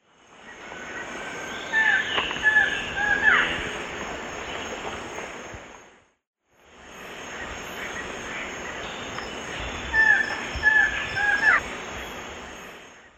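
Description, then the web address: Mouse-colored antshrike giving two short phrases of repeated notes, each a couple of seconds long, over a steady high insect drone and loud background noise. Eastern lowlands of South America. "Natures Songs S America Eastern Lowlands. Mouse-colored Antshrike"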